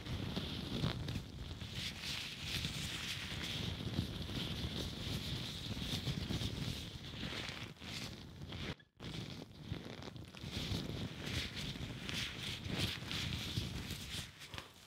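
Latex gloves and plastic brush and rub over a microphone in a continuous, dense crackling rustle, heavy in the low end with a bright hiss riding on top. The scraping pulses irregularly throughout, dropping to silence briefly just before the nine-second mark.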